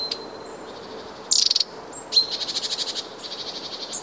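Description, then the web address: Long-tailed tit giving high, buzzy rattling trills: a short burst, then a longer pulsed series that repeats, with thin high notes between. "wroblowe kolekcja raniuszek"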